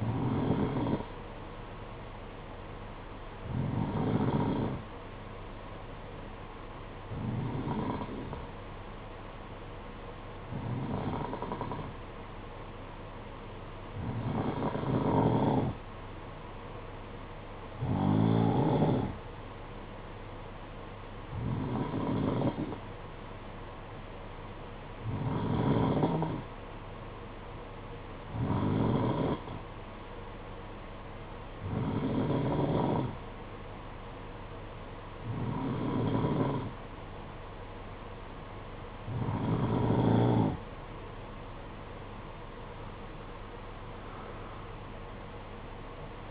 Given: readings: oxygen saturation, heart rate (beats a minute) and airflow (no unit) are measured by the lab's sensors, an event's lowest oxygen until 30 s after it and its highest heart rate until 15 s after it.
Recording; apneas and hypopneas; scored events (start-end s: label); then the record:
breathing in sleep by a voice recorder at the bedside; none
none scored
From the record:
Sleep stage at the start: N2 (light sleep); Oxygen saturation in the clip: 90 to 91%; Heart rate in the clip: 54 to 58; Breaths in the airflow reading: 13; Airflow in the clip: -10.7 to 7.9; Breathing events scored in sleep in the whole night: 476 in 9.7 hours asleep